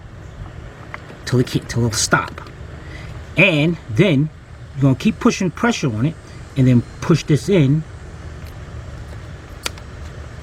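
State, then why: Seated. A connector is pushed onto an ignition coil on a 2005 Cadillac CTS 3.6 while pressure is held on the part, and it locks into place. Someone talks over a low steady background hum, then a sharp click sounds at 9.7 s as the connector seats.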